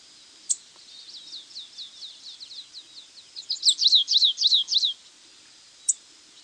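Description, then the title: Stripe-tailed yellow finch song: a soft run of high thin chirps building into a louder, rapid burst of sharp, sweeping notes, with isolated high clicks before and after. Subspecies Sicalis citrina citrina, assumed from location. "LuckyPassaro Completos2Sama. Stripe-tailed Yellow Finch (Sicalis citrina citrina (ssp assumed from location))"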